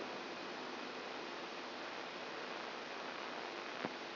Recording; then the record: brain microelectrode recording played as sound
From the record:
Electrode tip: outside the subthalamic nucleus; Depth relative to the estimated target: 4 mm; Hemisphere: right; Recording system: AlphaMap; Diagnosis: Parkinson's disease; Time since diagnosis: 14 years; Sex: female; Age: 63 years